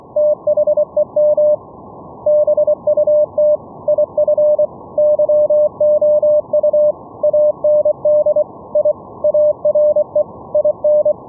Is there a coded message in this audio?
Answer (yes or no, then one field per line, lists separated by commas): yes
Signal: Morse code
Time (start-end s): 0.2-11.1 s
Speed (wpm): 24 wpm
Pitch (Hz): 600 Hz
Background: none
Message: THEM BUT IF YOU AND I ARE IN